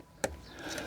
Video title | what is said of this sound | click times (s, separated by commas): Vauxhall Corsa D: How To Replace Throttle Body / Remove Throttle Body (Opel Corsa D) | You may hear a click, like that, and now the power cable can simply be pulled away from the car. | 0.2 s